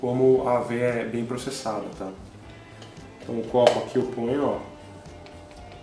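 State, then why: Not seated. Someone talks while placing the cup of a Hamilton Beach individual mini blender onto its motor base, followed by a brief faint knock near 5.3 s. The cup has not seated or clicked into the base yet, so it fails to engage, and the blender only turns once the cup is fitted very well.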